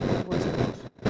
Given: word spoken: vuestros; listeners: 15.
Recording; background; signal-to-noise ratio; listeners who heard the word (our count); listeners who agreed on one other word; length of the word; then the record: one Spanish word in noise, from a listening test; noise modulated by one talker; -11.9 dB; 5 of 15; 6 of 15; 0.70 s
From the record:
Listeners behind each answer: 6, 5, 1, 1, 1, 1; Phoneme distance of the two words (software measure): 17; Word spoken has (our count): 2 syllables, 8 phonemes, stress on syllable 1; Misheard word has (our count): 2 syllables, 7 phonemes, stress on syllable 1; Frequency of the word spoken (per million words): 6.03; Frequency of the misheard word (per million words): 57.65